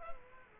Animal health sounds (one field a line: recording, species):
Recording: mosquito wingbeat signal from an infrared sensor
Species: Culex quinquefasciatus